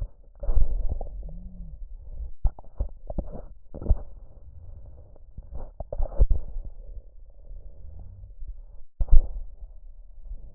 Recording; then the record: lung sounds by stethoscope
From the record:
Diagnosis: chronic bronchitis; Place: left posterior upper chest